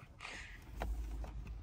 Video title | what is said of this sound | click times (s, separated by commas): How to Run Two Cameras on Toyota HILUX Screen 2020 - 2023 - AutoChimp AC-DUAL-HILUX-2020 | there we go oh you should actually hear it click there we go | 0.8 s